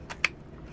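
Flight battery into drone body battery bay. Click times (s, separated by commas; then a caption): 0.2 s. A DJI Mavic Mini flight battery is slid plug end first, with the plug facing up, into the drone body's battery bay. A soft sliding rustle at about 0.1 s is followed by a single sharp, bright click at 0.3 s as the battery clicks into place and locks, fully seated.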